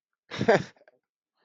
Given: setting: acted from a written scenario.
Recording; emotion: vocal sound without words; amusement